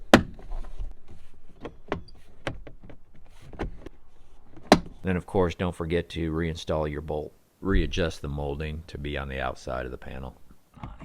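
A plastic interior trim panel behind the rear door of a 2013 Ford Escape is lined up with a clip on the side of the vehicle and pulled back until it snaps into place. Sharp, loud snaps sound at 0.1 s and 4.7 s, with fainter taps and knocks in between. The panel is seated, and then someone talks.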